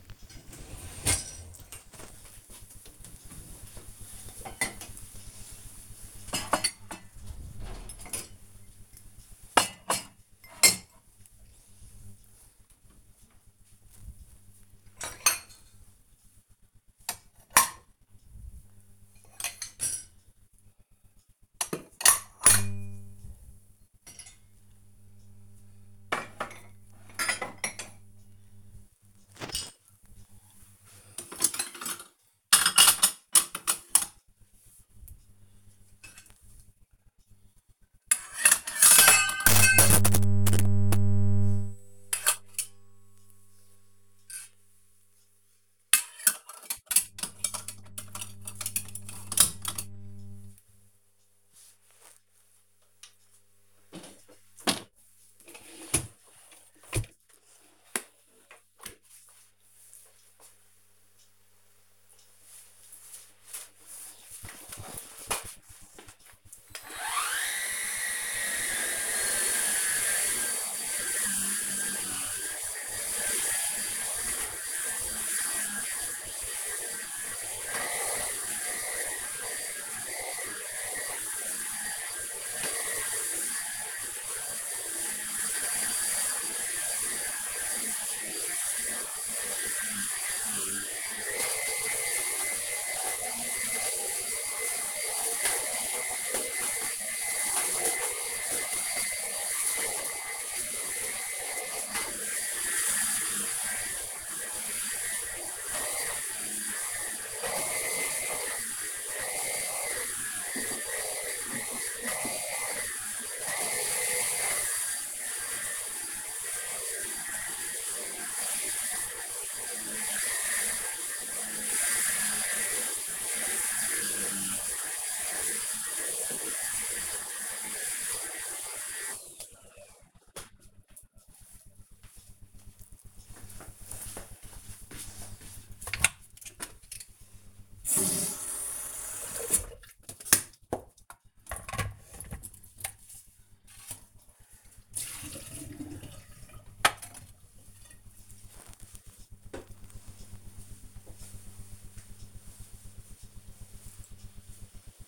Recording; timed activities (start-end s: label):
household activities, microphone on the right wrist
0.00-59.32 s: cleaning out the dishwasher
66.36-129.80 s: vacuum cleaning
135.82-155.08 s: making tea